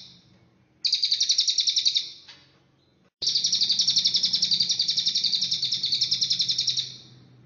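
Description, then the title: Cililin bird producing a short high buzzy trill, then a longer sustained run of fast pulsed notes lasting nearly four seconds, with faint low background hum. "Burung Cililin"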